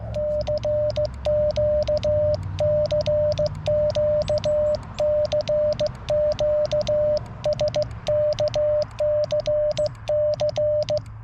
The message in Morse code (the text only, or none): CQ CQ CQ SKCC